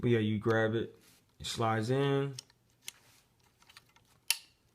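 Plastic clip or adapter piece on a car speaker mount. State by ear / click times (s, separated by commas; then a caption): seated / 4.3 s. A plastic clip or adapter piece is slid onto an aftermarket car speaker or its mount while someone talks, followed by a few small ticks and scrapes. It is pushed home and clicks sharply into place at 4.3 s, the loudest hit. The part is seated and will not come back out unless it is pried off with a flathead.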